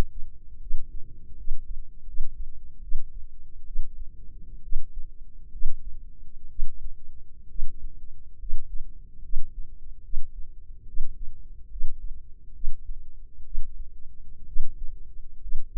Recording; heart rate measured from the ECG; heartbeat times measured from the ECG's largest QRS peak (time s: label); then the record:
heart sounds by microphone in the left ear; 69 bpm
0.58 s: heartbeat
1.35 s: heartbeat
2.04 s: heartbeat
2.80 s: heartbeat
3.64 s: heartbeat
4.60 s: heartbeat
5.49 s: heartbeat
6.47 s: heartbeat
7.46 s: heartbeat
8.36 s: heartbeat
9.20 s: heartbeat
10.01 s: heartbeat
10.84 s: heartbeat
11.68 s: heartbeat
12.51 s: heartbeat
13.42 s: heartbeat
14.44 s: heartbeat
15.38 s: heartbeat
From the record:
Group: healthy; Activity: rest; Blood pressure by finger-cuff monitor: 107/70 mmHg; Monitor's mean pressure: 80 mmHg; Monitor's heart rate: 72 bpm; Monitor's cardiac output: 5.5 L/min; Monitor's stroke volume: 77 mL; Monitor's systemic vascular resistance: 1060 dyn s/cm5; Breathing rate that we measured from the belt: 18 breaths a minute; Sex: female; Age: 23 years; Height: 160 cm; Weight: 50.4 kg